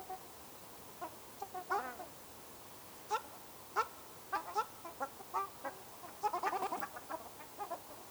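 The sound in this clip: Ruddy shelduck short clipped nasal calls, scattered and then bunched into a quick run near the end, over low hiss.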